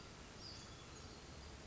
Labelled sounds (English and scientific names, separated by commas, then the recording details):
Western Flycatcher (Empidonax difficilis)
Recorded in Sonoma County, California